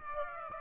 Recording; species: mosquito wingbeat signal from an infrared sensor; Aedes aegypti